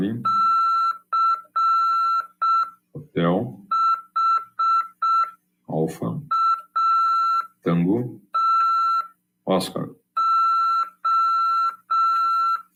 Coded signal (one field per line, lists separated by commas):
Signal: Morse code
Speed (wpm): 6 wpm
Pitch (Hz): 1340 Hz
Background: speech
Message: CHATO